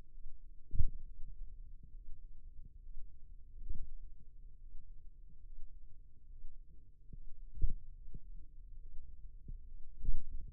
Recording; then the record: forearm muscle sounds (acoustic myography)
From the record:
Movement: finger pinch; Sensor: system 2, bracelet of six BSWA MPA416 microphones around the upper forearm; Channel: 6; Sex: male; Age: 22 years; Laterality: right